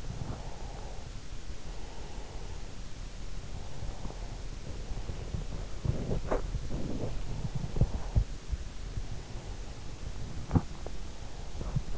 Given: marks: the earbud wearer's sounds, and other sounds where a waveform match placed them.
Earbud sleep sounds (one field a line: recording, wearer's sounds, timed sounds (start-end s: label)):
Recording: sounds in sleep by an in-ear microphone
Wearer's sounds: breath, body movement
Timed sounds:
0.00-2.71 s: breath
3.58-5.75 s: breath
5.75-8.27 s: body movement
9.11-11.98 s: breath